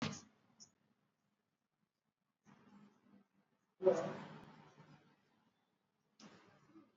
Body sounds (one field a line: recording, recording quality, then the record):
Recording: shallow breathing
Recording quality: poor, much background noise or distortion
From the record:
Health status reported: exposed to COVID-19, no respiratory illness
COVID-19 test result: not tested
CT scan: not taken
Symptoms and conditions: cough, cold, fever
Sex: female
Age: 55 years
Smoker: no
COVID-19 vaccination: both doses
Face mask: worn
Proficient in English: yes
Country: India